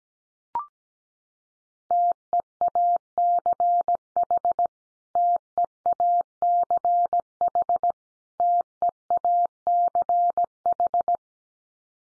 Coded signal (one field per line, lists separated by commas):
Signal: Morse code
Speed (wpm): 17 wpm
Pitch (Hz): 700 Hz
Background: none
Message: TEACH TEACH TEACH